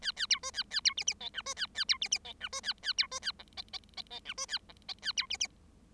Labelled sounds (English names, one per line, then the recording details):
Bengalese Finch song
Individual Bird7